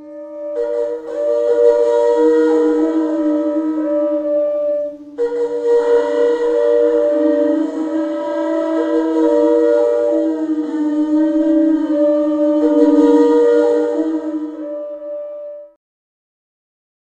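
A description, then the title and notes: A Maya conch shell trumpet sounds long, loud, sustained blasts with a rough, buzzy edge and a pitch that wavers and slides between two main notes. A brief break near five seconds interrupts the playing, which then continues until stopping abruptly around sixteen seconds. Maya Conch Shell Trumpet.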